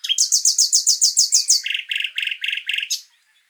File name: Luscinia megarhynchos